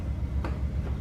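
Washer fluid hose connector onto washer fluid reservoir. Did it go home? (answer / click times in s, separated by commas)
yes / 0.4 s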